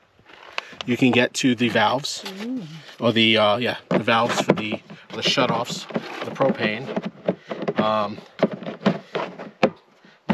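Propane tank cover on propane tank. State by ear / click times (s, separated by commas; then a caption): seated / 9.6 s. A plastic propane tank cover on a propane tank is put back over the tank valves while someone talks. A few sharp knocks follow near the end, and the cover snaps and locks into place at 9.6 s.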